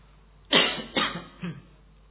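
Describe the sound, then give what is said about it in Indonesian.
Three short, stifled coughs in quick succession, as if held back, the first the strongest and the next two gradually softer, with no talking around them. “Contoh nih, karena ada kalian ini, saya enggak bebas batuk.”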